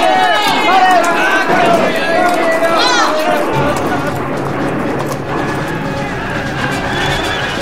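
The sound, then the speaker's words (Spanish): Horses whinny shrilly while voices shout, then a steady, loud rumble of many galloping hooves from a cavalry charge in battle takes over, thundering on as the neighing and cries continue above it. “¡Nos atacan por el flanco derecho! ¡Cuidado! ¡Póngase! ¡Bájese el caballo!”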